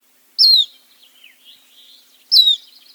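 Black Phoebe calls: two sharp, high, down-slurred chips about two seconds apart, with faint soft notes between them.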